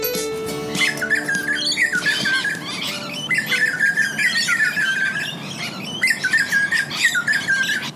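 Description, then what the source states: Grey Butcherbird song: three bursts of rich warbled and whistled phrases. Described as a lovely lilting song.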